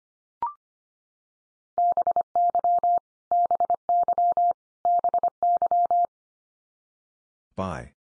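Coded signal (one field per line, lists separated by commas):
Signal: Morse code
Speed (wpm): 25 wpm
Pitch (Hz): 700 Hz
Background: none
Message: BY BY BY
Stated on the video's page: Morse code practice of the 100 most common English words at 25 wpm, each word sent three times, then spoken, then sent again.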